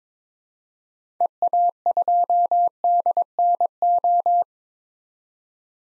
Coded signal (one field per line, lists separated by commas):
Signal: Morse code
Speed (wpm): 22 wpm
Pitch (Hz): 700 Hz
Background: none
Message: EA2DNO